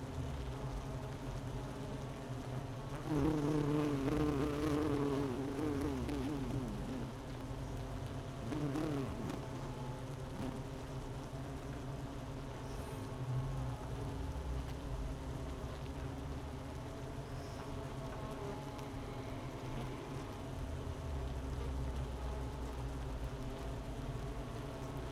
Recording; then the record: honeybee colony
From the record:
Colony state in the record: missing queen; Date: 31 May 2018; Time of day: 10:46